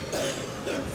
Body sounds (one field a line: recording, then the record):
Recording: coughing mixed with background sound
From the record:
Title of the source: Residual Phlegmy Morning Coughing and Gagging